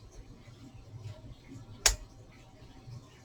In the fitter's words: snapped into place there it is